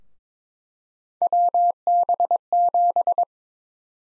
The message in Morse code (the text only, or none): WB7